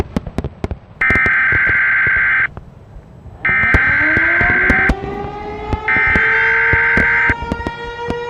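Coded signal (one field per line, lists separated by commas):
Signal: Emergency Alert System (SAME) tones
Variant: header bursts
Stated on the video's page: Simulated EAS scenario.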